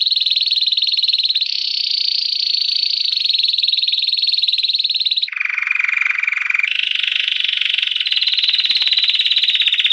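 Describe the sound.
Canary singing a chain of continuous buzzy trills that shift pitch in steps, high, slightly higher, sharply lower, then high again.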